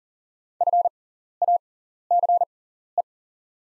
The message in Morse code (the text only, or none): FACE